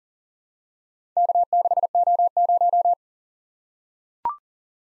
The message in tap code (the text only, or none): none